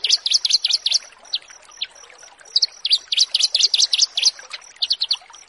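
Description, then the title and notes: Bushlark song: quick run of sharp, bright chirping notes, a brief lull, then another dense chattering run, with a faint high background tone. Bird-keeping song tutoring recording (masteran) of bushlark song, for training birds. "Branjangan VS BURGER Masteran Mewah 1. burung BRANJANGAN"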